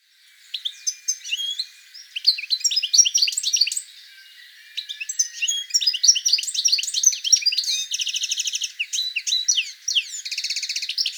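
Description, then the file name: European goldfinch twittering song, quick tinkling phrases mixed with dry buzzy rattles, pausing briefly after a few seconds before resuming. "Carduelis carduelis"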